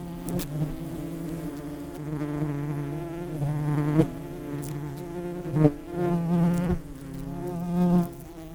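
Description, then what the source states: Bumblebee hoverfly buzzing, a low steady droning hum with harmonics that swells and fades several times, with a few sharp clicks and brief louder bursts. Bumblebee-mimic hoverfly with dark patches on its wings, on heathland on the Ashdown Forest.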